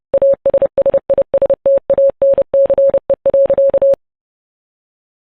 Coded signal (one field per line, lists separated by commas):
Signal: Morse code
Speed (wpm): 29 wpm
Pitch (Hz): 550 Hz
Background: none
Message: ASSISTANCE.